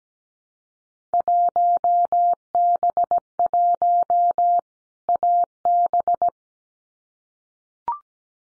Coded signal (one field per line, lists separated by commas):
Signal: Morse code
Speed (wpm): 17 wpm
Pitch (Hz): 700 Hz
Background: none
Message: 1B1 AB